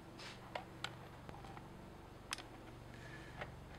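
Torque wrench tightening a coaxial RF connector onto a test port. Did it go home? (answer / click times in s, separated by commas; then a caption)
yes / 2.3 s. After the RF test cable's coaxial connector is hand-snugged onto the port of a Kaelus iPA PIM tester, a torque wrench tightens it. Light ticks sound throughout, and the wrench's loudest sharp click comes at 2.3 s as it breaks at its torque setting.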